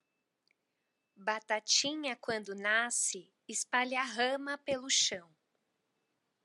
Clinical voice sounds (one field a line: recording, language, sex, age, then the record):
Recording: short text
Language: Brazilian Portuguese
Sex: female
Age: 30 to 39 years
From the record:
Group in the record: control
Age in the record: 32 years